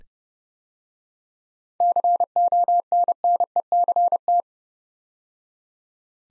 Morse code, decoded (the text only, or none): CONNECT